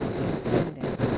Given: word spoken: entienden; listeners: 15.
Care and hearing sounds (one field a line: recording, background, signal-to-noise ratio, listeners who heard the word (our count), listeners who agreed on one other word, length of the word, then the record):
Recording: one Spanish word in noise, from a listening test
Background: noise modulated by three-talker babble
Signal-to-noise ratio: -5.9 dB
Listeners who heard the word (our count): 1 of 15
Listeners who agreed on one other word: 7 of 15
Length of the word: 0.78 s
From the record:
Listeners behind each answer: 7, 1, 1, 1, 1, 1, 1, 1, 1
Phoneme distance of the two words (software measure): 7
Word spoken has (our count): 3 syllables, 9 phonemes, stress on syllable 2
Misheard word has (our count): 3 syllables, 8 phonemes, stress on syllable 2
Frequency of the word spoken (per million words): 11.01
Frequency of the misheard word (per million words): 40.43